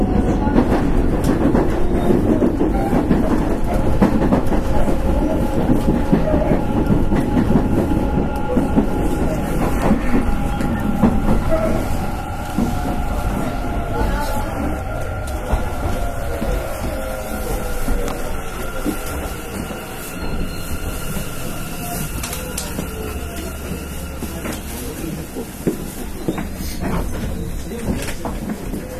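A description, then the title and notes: A Hanshin Electric Railway 1000 series train running, with a dense, steady rumble and clatter throughout. Faint tones slide gently in pitch in the middle section, and the sound eases slightly after about twelve seconds. Brief clicks and knocks recur irregularly. 阪神電鉄 1000系 快速急行 西九条から大和西大寺まで. 阪神電気鉄道1000系電車の走行音です。 快速急行列車にて収録しました。 It is the running sound of the Hanshin Electric Railway 1000 series train.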